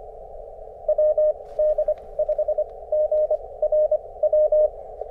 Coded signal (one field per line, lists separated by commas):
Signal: Morse code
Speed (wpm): 23 wpm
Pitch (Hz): 610 Hz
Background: none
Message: WD5GRW